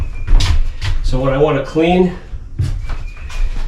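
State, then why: Seated. A hinged plastic cleaning panel under a chicken coop roof is folded back and latched, giving one sharp knock at 0.4 s as it locks into place. Someone talks over the rest of the clip.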